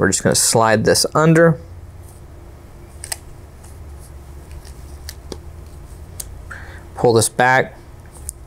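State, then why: Seated. Someone talks while the metal retention clip on an Intel Xeon processor's LGA3647 socket in a Dell PowerEdge R740 server is pulled back and slid under. Small clicks and taps follow before a single sharp snap at 8.3 s as the CPU retention clip locks into place.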